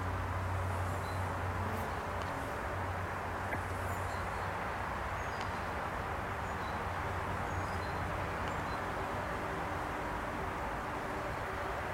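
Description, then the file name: Honey bees humming steadily as a dense, low buzzing drone with faint tonal bands throughout, a few soft clicks and outdoor sounds behind. Honey bees in a bee gum (log hive) at Greven. "Greven - Pentruper Mersch - Sachsenhof - Bee gum"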